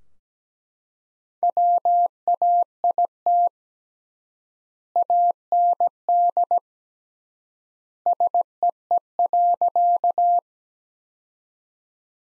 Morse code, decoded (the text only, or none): WAIT AND SEE.